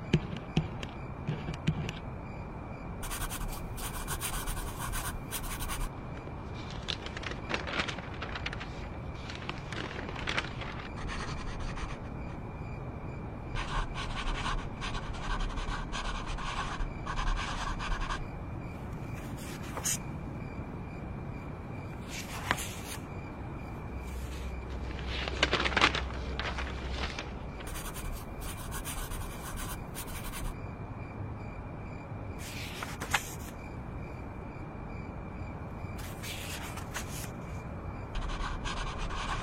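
Late-night writing and page-turning sounds: a steady soft scratching of pen on paper runs throughout over a low, constant hum. Brighter rustles and brushing bursts break in every few seconds, with a louder sweep near 25 seconds, likely pages being turned.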